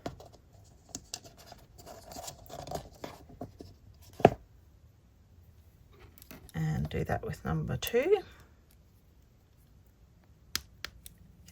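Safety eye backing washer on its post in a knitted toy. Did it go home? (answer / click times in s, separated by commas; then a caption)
yes / 10.5 s, 10.8 s. The plastic backing washer of a 6 mm safety eye is pushed onto its post through a knitted toy. Someone talks over soft handling and rustling, with a louder burst around 6.6–8.3 s. The washer snaps into place with two sharp clicks at 10.6 s and 10.9 s, seating it.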